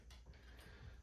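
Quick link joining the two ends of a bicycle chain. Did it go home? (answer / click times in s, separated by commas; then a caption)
yes / 0.1 s. A steel quick link joining the two ends of a bicycle chain is pushed closed with quick-link pliers. It snaps home with a short, sharp click at 0.1 s, and the link is seated.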